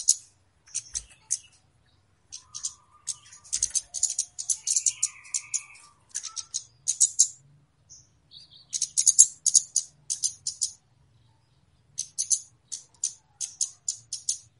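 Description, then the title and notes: Flowerpecker calls: bursts of thin, high ticking notes separated by pauses of a second or more, with a faint lower buzzy note early on. Lure call used for bird catching (pikat, pancing). "Kicau Pancing Burung Kemade ( Cabe Cabean). Suara Burung Cabe Cabean Pikat"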